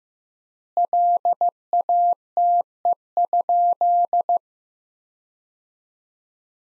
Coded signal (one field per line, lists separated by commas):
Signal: Morse code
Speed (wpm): 16 wpm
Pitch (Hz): 700 Hz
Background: none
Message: LATE?